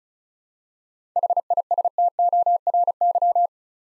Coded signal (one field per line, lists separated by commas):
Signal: Morse code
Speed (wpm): 36 wpm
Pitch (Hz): 700 Hz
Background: none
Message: HISTORY